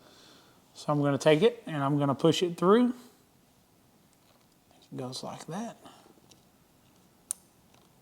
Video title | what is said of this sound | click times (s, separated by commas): Project Five-0 How to Add Radio Thumb Controls to a Harley Davidson Electra Glide Police Motorcycle | you'll hear it click when it goes to the right place | 7.3 s